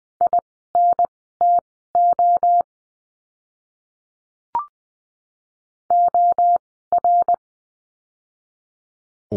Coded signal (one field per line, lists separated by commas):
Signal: Morse code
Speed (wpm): 20 wpm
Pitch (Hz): 700 Hz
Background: none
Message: INTO OR